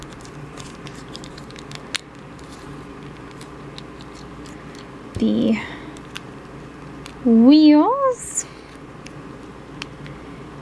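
Plastic wheels are handled near a small plush-style collectible figure they press onto, with faint scattered ticks and taps while someone talks. Nothing has seated or clicked into place yet.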